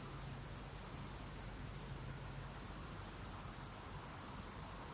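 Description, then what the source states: Crickets give high, rapid pulsed chirps in bursts, pausing for about a second midway before starting again, with a soft low hum behind. Crickets at sunset.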